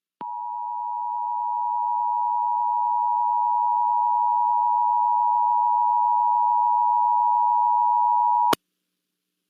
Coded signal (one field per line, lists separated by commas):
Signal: Emergency Alert System (SAME) tones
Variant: 853 and 960 Hz attention tone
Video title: Washington D.C. Emergency Alert System (EAS) Required Monthly Test (RMT) WTOP-FM (January 2020)